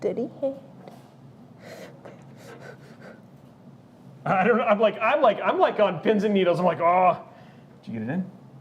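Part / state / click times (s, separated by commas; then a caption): cable connector into motherboard header / not seated / none. A small plastic cable connector is being handled and pushed toward a motherboard header, with faint handling sounds and brief taps near 0.9 s and 2.1 s. Someone talks in a quiet indoor space. The clip ends before the part goes home, and nothing has seated or clicked yet.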